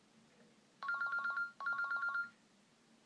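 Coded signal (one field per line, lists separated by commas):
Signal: none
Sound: phone ringtone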